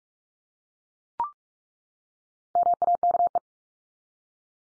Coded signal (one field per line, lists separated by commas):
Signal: Morse code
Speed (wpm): 44 wpm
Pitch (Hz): 700 Hz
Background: none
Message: MAKE